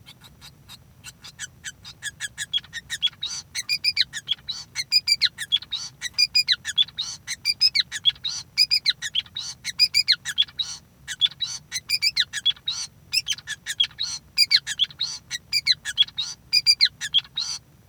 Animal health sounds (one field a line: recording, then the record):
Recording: song of a male Bengalese finch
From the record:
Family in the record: son of father 5